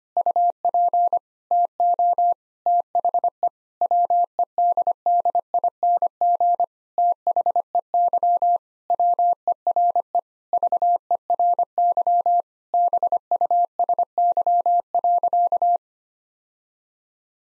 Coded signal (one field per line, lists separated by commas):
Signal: Morse code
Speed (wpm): 25 wpm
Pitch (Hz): 700 Hz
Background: none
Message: UP TO THE WEDDING THEY WERE VERY BUSY.